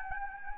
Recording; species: mosquito wingbeat signal from an infrared sensor; Anopheles gambiae